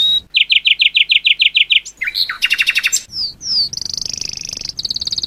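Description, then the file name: Domestic canary song with a run of about ten quick repeated notes, a chattering burst, a couple of falling whistles, then sustained high rolling trills. Song of a domestic canary combined with nightingale song. "kombinasi kenari nightingale"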